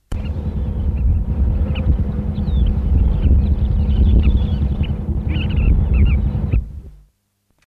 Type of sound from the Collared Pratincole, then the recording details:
call. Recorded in captivity. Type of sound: call. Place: GR. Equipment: Halbspur, 9,5 cm/s. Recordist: Lütgens, Hans. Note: Axiusmündung: Rufe